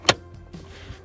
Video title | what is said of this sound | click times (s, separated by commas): Toyota MR2 Roadster stereo swap | and clicks into place | 0.1 s